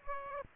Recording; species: mosquito wingbeat signal from an infrared sensor; Aedes aegypti